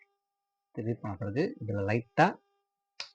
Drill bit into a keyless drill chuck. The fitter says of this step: ஒரு sound lock வருது பார்த்தீங்களா? இந்த லாக் வந்த பிறகு தான் நீங்கள் கரெக்டாக யூஸ் பண்ணலாம்.